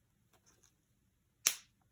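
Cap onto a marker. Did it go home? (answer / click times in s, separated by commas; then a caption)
yes / 1.5 s. A cap is pushed back onto a marker, with a few faint handling sounds before a single short, sharp click at 1.5 s. The cap clicks shut and is fully closed, since without the click it would not be closed and the marker would dry out.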